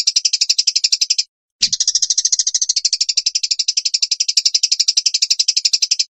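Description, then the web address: Long-tailed shrike trilling phrase: a fast, buzzy pulsed trill held for over a second, a brief break, then a long steady trill lasting several seconds. Masteran (training) recording of the song, featuring varied fill-in phrases (variasi isian). "cendet variasi isian. masteran cendet"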